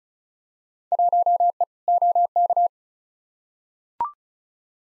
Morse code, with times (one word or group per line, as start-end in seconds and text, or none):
0.9-1.6 1E
1.9-2.7 OK